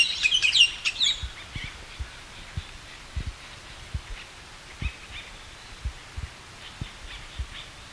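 Bird calls: a quick cluster of bright, high chirps opens the first second, followed by faint, thin notes and soft low thuds.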